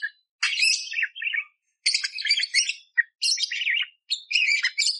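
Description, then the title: Budgerigar song: loud bursts of buzzy, scratchy chirps and warbles, broken by short pauses, with rapid jumbled high notes throughout. Loud, clear chirping budgerigar used as masteran for training kacer songbirds, with coarse 'tembakan' bursts. "Masteran Burung Parkit Gacor Jernih Full Isian Tembakan Kasar Cocok Buat Kacer"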